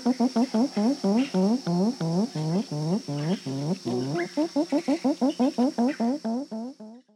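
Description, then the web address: Gray-winged trumpeter giving a long series of low, hooting, slightly rising notes, with a steady high insect hum throughout. Ecuador. "Natures Songs S America Birds of Ecuador Gray winged Trumpeter"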